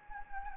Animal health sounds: mosquito wingbeat signal from an infrared sensor; Anopheles gambiae

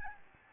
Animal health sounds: mosquito wingbeat signal from an infrared sensor; Aedes albopictus

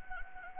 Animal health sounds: mosquito wingbeat signal from an infrared sensor; Anopheles gambiae

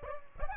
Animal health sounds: mosquito wingbeat signal from an infrared sensor; Aedes albopictus

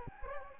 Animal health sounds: mosquito wingbeat signal from an infrared sensor; Anopheles gambiae

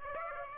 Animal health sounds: mosquito wingbeat signal from an infrared sensor; Aedes aegypti

